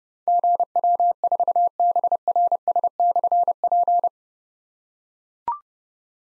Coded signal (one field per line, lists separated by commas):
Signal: Morse code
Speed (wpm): 28 wpm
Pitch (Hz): 700 Hz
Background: none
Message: GW4BRS/P